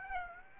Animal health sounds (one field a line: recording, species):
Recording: mosquito wingbeat signal from an infrared sensor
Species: Aedes aegypti